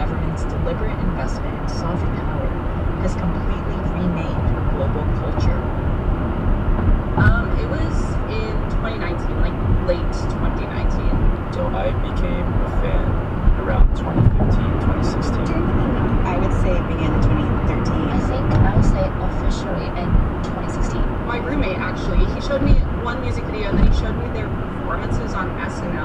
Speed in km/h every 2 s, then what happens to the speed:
108, 109, 109, 109, 109, 111, 111, 114, 114, 114, 114, 114, 114.
0-26 steady at about 111.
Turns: none.